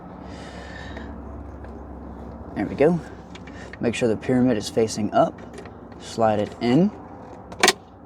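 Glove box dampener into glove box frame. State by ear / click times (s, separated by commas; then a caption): seated / 7.6 s. A glove box dampener on a Saturn Sky is slid into the glove box frame with its pyramid facing up and pushed up while someone talks. It clicks home at 7.6 seconds with a sharp, bright snap, and the dampener is seated.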